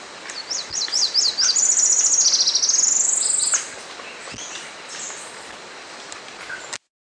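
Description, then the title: Tropical parula song opening with several high sweeping notes, then a long fast buzzy trill that dips and rises before stopping. Subspecies Setophaga pitiayumi pitiayumi, assumed from location. "LuckyPassaro Completos2Sama. Tropical Parula (Setophaga pitiayumi pitiayumi (ssp assumed from location))"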